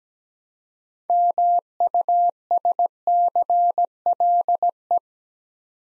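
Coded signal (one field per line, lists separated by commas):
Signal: Morse code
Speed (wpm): 17 wpm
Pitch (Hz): 700 Hz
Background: none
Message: MUSCLE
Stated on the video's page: Morse practice at 17 wpm building six-letter words two letters at a time, for ICR training.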